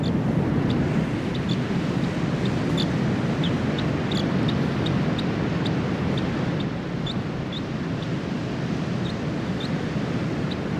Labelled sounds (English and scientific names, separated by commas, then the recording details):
New Zealand Dotterel (Charadrius obscurus)
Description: New Zealand dotterel/tūturiwhatu song
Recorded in New Zealand